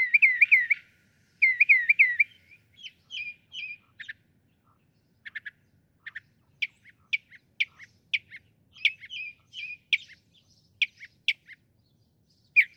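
Northern mockingbird song: a varied sequence of repeated whistled slurs, then sharp clicks and chips, shifting between phrase types every few seconds.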